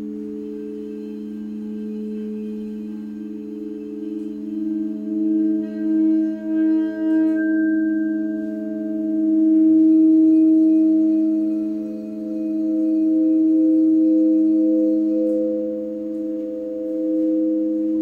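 A sound bath of singing bowls rings steadily, several sustained low tones layered and slowly pulsing as they beat against each other. Around the five-second mark a quick wavering throb appears, then the tones swell and fade in long, gentle waves through the end.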